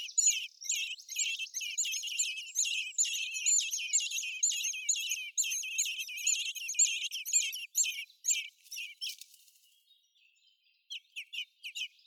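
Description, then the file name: Common blackbird calling in dense runs of sharp, high, falling chirps for about nine seconds, then a pause before a few more scattered notes. "Turdus merula"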